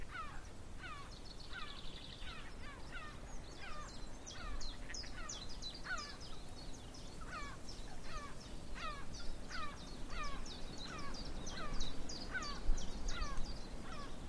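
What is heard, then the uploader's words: Birds call over a marsh, a dense overlapping chorus of quick, sharp chirps and trills repeating throughout. Some notes come in steady two-note patterns, others in fast bright bursts. A low, constant rumble runs underneath the whole time. Eerie birdcalls from the Avalon Marshes. Sun spills over the Avalon Marshes, driving away the last vestiges of winter. Chiffchaffs have arrived, bringing their flinty song two-note song to the reedbeds and willows. Recorded by Fergus Collins.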